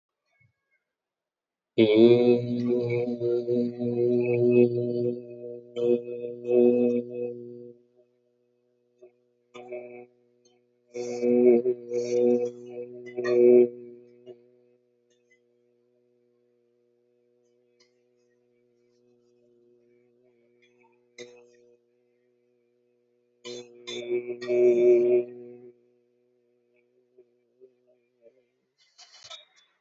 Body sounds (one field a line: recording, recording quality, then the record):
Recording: sustained vowel as in made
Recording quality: excellent, no background noise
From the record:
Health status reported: healthy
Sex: male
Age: 30 years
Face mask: not worn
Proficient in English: yes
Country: India